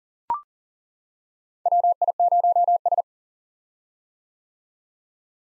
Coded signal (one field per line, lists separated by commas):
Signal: Morse code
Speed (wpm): 40 wpm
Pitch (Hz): 700 Hz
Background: none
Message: WI0S